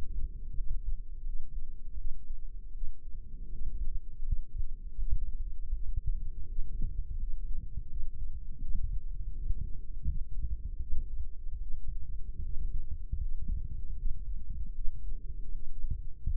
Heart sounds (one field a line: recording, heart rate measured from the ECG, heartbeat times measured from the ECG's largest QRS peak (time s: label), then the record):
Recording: heart sounds by microphone in the left ear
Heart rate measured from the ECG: 80 bpm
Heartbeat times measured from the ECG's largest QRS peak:
0.52 s: heartbeat
1.21 s: heartbeat
1.93 s: heartbeat
2.69 s: heartbeat
3.47 s: heartbeat
4.20 s: heartbeat
4.94 s: heartbeat
5.69 s: heartbeat
6.44 s: heartbeat
7.15 s: heartbeat
7.85 s: heartbeat
8.57 s: heartbeat
9.30 s: heartbeat
10.02 s: heartbeat
10.76 s: heartbeat
11.56 s: heartbeat
12.39 s: heartbeat
13.16 s: heartbeat
13.93 s: heartbeat
14.70 s: heartbeat
15.47 s: heartbeat
16.21 s: heartbeat
From the record:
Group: healthy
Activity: rest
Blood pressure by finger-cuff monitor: 111/66 mmHg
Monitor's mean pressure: 82 mmHg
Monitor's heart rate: 80 bpm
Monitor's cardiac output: 7.7 L/min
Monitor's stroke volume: 94 mL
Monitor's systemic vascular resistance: 780 dyn s/cm5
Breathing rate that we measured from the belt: 20 breaths a minute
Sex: female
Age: 23 years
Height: 160 cm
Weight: 50.4 kg